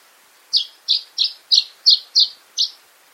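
Bird calling with a series of seven short, high, harsh chip notes, spaced about a third of a second apart.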